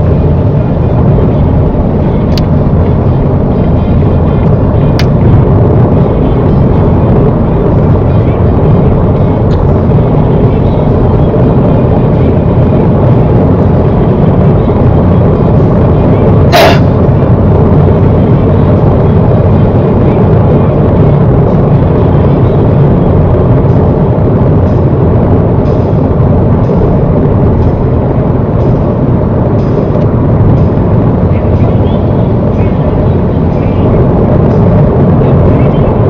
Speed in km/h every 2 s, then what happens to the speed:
103, 105, 109, 108, 108, 113, 113, 114, 116, 116, 111, 108, 108, 109, 109, 111, 113, 113.
0-16 speeds up to 116. 16-21 slows to 108. 21-36 steady at about 109.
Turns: none.